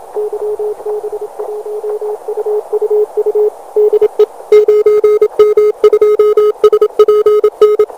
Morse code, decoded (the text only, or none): YB1UUU DE 9M2SPN